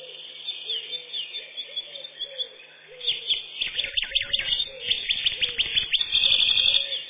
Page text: Крапивник, или подкоренник, орешек (лат. Troglodytes troglodytes)